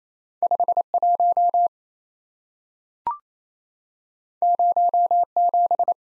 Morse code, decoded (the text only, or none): 51 07